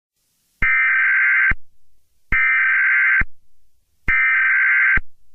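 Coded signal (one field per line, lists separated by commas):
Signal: Emergency Alert System (SAME) tones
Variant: header bursts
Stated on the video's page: Simulated mock EAS tornado warning for Pennsylvania.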